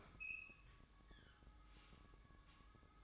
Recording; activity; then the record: daily activity, microphone in the room; open fridge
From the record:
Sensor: 3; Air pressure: 1007.7 hPa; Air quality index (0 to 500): 55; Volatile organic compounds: 1 ppm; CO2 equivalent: 596 ppm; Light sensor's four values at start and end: 13/31/13/13 and 13/31/13/13